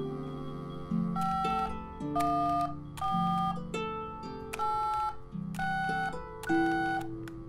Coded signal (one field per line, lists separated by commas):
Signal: DTMF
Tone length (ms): 520 ms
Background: music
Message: 514866